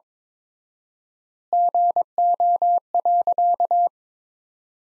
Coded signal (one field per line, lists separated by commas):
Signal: Morse code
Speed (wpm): 22 wpm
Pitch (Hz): 700 Hz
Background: none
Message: GO.